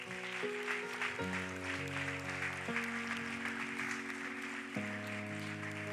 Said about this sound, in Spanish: Dale un fuerte aplauso.